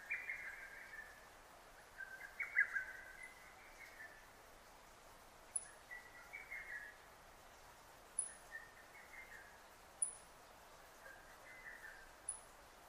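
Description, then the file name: Lesser cuckoo singing hurried whistled phrases roughly every three seconds, with very high thin ticking notes also heard. Recorded on 6 June 2009. "hototogisu-20090606"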